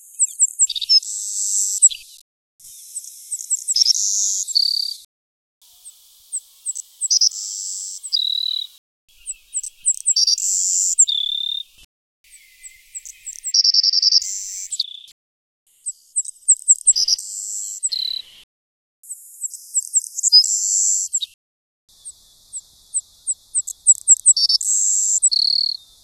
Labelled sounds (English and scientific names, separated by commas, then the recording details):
Savannah Sparrow (Passerculus sandwichensis) song
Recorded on Kent Island, New Brunswick, in 2007